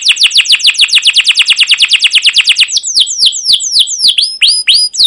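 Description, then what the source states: Canary song: a rapid series of downward-sweeping chirps, several per second, loosening into slower, varied swooping whistles. Canary song with long rolls (ngerol) and cuit cuit notes, used as a lure recording (pancingan) to train other canaries.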